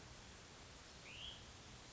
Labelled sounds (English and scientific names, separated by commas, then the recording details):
Hutton's Vireo (Vireo huttoni)
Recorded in Sonoma County, California